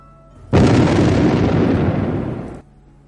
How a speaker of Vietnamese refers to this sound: Mặt đất phát ra những tiếng nổ mạnh mà vạn niên huyền thiết liên bị tạc nổ lên từng trận hoa lửa cường đại.